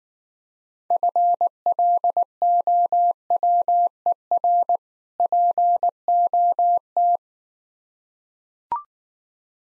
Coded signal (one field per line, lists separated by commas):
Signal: Morse code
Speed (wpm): 19 wpm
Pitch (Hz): 700 Hz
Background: none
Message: FLOWER POT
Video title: Easy Words - Speed-Racing with Hints - 15wpm